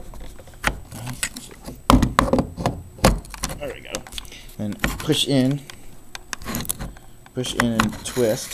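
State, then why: Not seated. An EV charging connector is lined up by its groove and dot, pushed into the car's charge inlet and twisted, with sharp plastic knocks and rattling handling sounds while someone talks. Nothing has seated or clicked yet.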